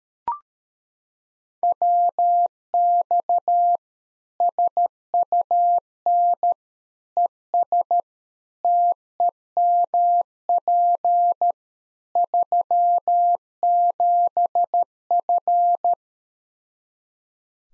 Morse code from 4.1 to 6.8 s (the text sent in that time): SUN